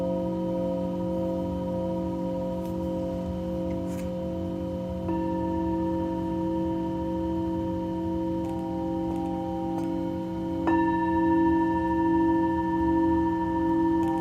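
Singing bowls ring in long, steady sustained tones layered over a low hum. New strikes enter around 5 and 10.5 seconds, each adding a brighter ringing pitch that swells and lingers, while faint small clicks dot the background.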